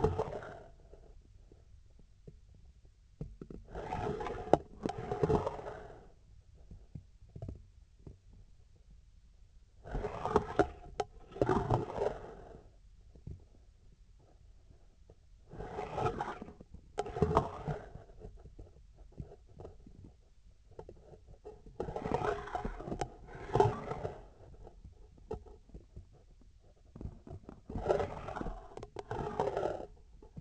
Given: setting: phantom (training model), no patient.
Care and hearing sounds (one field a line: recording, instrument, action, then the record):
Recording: laparoscopic instrument, vibration sensor on the handle end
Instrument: scissors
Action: approaching and retracting movements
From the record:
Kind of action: spatial motion